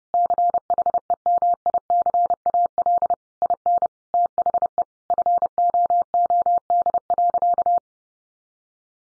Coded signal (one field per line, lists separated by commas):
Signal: Morse code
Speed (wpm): 30 wpm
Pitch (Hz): 700 Hz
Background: none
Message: CHEMICAL IN THE FOOD.